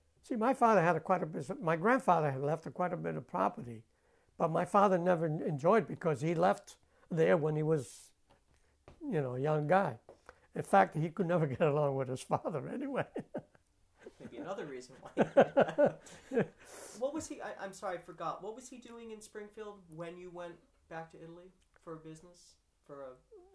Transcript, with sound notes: See, my father had quite a, my grandfather had left quite a bit of property, but my father never enjoyed, because he left there when he was, you know, a young guy. In fact, he could never get along with his father anyway. ( he laughs )
Another reason why he left. What was he, I'm sorry, I forgot, what was he doing in Springfield when you went back to Italy for business, for a...